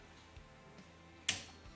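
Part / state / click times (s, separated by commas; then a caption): torque wrench on clutch spring bolt in clutch basket / torque reached / 1.3 s. A click-type torque wrench tightens a clutch spring bolt in the clutch basket of a Suzuki Intruder VS1400, with only faint low knocks at first. At 1.3 s the wrench gives one sharp, bright click as it reaches its set limit, then the sound fades. The bolt is torqued to the setting.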